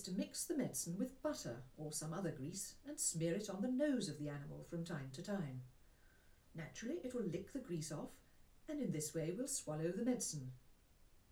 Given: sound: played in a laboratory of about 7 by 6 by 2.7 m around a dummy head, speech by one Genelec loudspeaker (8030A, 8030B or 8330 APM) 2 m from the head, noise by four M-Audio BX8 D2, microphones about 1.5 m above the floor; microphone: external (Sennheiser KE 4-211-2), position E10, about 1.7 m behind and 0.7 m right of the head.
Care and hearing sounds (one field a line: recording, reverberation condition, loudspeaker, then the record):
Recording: female speech in English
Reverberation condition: low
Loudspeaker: 30 degrees to the right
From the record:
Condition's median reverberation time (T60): about 310 ms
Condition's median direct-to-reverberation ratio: about 3.5 dB